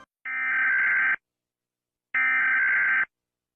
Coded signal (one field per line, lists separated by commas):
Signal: Emergency Alert System (SAME) tones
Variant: header bursts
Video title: rating Eas alarms